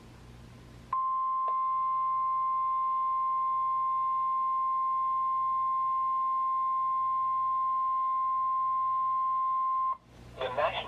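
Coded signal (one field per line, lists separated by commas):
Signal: Emergency Alert System (SAME) tones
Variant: 1050 Hz attention tone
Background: speech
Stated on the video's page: Marine warnings received on weather radios.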